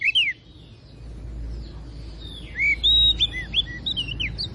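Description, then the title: Oriental magpie-robin: songbird giving scattered clear whistled and slurred notes over steady low background noise, with a brief louder flourish near the end. Singing bird described as gacor (singing vigorously and continuously); Tretes type. "Kacer Tretes Gacor"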